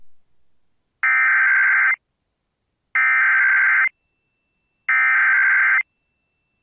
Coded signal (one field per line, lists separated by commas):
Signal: Emergency Alert System (SAME) tones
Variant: header bursts